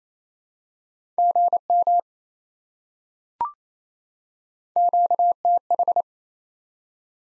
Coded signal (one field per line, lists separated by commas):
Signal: Morse code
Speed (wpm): 28 wpm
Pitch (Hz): 700 Hz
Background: none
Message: GM QTH